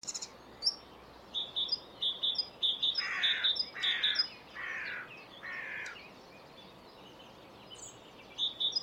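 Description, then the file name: Great tit repeating high, clipped two-note phrases, while several harsh, lower squawks break in midway; faint background hiss. "Parus major"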